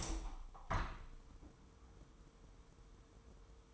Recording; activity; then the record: daily activity, microphone in the room; open window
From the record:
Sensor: 1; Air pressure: 999.8 hPa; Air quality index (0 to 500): 231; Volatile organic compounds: 93 ppm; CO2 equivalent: 3704 ppm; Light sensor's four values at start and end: 10/25/10/11 and 11/27/11/12